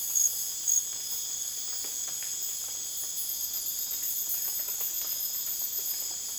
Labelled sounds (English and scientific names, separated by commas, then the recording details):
none
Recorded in dense forest near Puerto Asís, Putumayo, Colombia, on 25 June 2025 at 01:30
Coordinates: 0.484, -76.325
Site H65